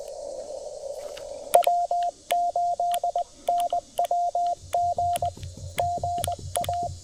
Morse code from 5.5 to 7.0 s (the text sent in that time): GA